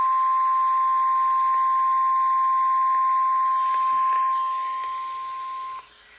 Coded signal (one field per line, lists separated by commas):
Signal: Emergency Alert System (SAME) tones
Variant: 1050 Hz attention tone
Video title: SVR | EAS #925